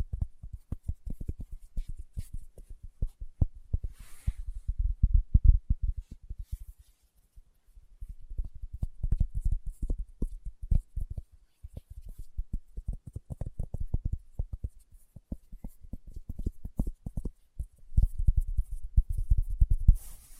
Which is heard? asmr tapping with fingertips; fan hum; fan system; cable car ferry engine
asmr tapping with fingertips